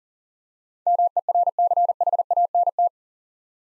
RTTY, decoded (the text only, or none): none